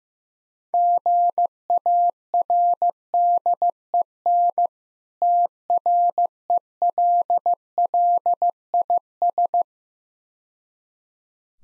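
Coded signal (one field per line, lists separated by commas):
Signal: Morse code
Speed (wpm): 15 wpm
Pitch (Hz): 700 Hz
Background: none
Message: GARDEN TRELLIS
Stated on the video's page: Morse practice drill of difficult words at 15 wpm, with contextual hints.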